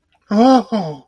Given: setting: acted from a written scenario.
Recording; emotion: vocal sound without words; negative surprise